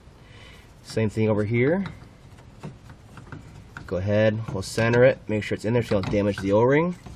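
A fuel line quick-connect coupling on the other end of a fuel filter on a 2003-2004 Ford Expedition is being centered so it does not damage the O-ring, while someone talks. A few faint, brief handling ticks come between 2.6 and 3.3 seconds, but nothing has seated or clicked yet.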